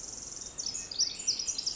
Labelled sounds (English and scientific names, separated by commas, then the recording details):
Pacific Wren (Troglodytes pacificus)
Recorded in Sonoma County, California